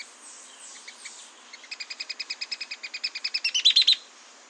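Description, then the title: Mouse-colored tyrannulet giving a run of quick, evenly spaced notes that grow steadily louder and end in an emphatic flourish, preceded by faint soft sounds. Subspecies wagae. "LuckyPassaro Completos2Sama. Mouse-colored Tyrannulet (Phaeomyias murina wagae)"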